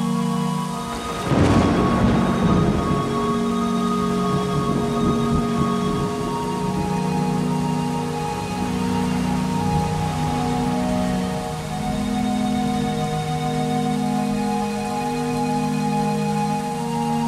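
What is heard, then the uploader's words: Late summer rain hisses steadily under a loud sudden crack and rumble near the start. A low droning hum with a few steady tones runs throughout, its lowest notes swelling and fading in a slow, regular pulse every couple of seconds. Late Summer Rain.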